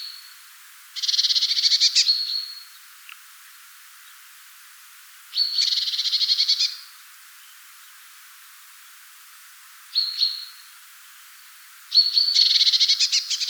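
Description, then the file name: Eurasian blue tit scolding with buzzy churring rattles, some preceded by a thin high note, in four bursts over about thirteen seconds. "Cyanistes caeruleus"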